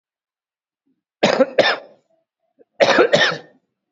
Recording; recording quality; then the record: shallow voluntary cough; excellent, no background noise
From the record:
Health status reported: COVID-19 positive, mild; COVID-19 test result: positive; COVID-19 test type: RT-PCR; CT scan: not taken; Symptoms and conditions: cough, cold, fever, muscle pain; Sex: male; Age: 62 years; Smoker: no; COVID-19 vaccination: both doses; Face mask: worn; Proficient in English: yes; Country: India